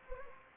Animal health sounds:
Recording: mosquito wingbeat signal from an infrared sensor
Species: Anopheles gambiae

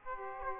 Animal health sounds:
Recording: mosquito wingbeat signal from an infrared sensor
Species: Aedes aegypti

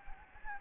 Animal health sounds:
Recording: mosquito wingbeat signal from an infrared sensor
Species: Anopheles gambiae

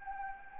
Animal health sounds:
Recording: mosquito wingbeat signal from an infrared sensor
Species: Anopheles gambiae

